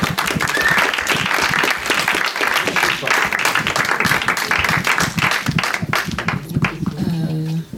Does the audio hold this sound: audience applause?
yes